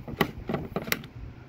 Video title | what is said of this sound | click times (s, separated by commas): Part 1 Predator 670 GP TSF 2021 Pressure Washer Build with Honda Fuel Pump Replacement | I think there was two clicks there | 0.2 s, 0.9 s